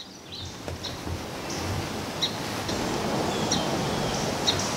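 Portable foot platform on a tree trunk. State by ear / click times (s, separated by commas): not seated / none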